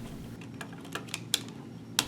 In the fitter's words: the four LED covers into position and push down on them. You should hear them click into place.